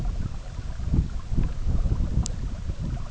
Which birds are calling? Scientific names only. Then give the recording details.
none. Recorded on Arctic tundra, site EABA-MC, on 17 June 2019. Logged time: 04:00